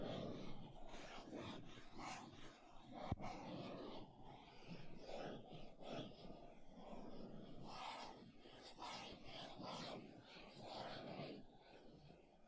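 Makeup tapping and scratching, a steady run of soft, close-spaced scrapes and brushy taps with frequent bright hissy strokes across the whole clip. A single sharp click stands out just after three seconds, and a low murmur sits underneath throughout.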